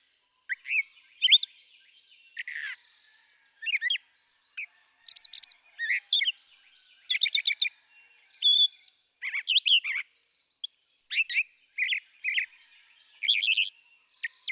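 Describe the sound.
Brown thrasher singing a long run of rich, changing phrases, chirpy, buzzy and whistled, many doubled, with brief gaps between them, against a quiet background.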